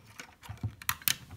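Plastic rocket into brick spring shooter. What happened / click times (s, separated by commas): The plastic rocket clicked into its spring launcher / 0.9 s, 1.1 s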